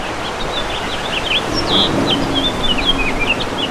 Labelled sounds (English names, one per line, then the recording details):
House Finch song
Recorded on Long Island, New York, on 2 June 2012
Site CP
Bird D